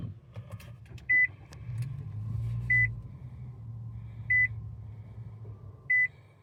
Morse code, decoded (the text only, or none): none